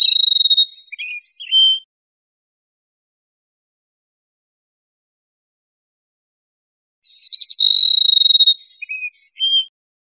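Cassin's sparrow song: two phrases of high whistles and trills, several seconds apart, separated by silence.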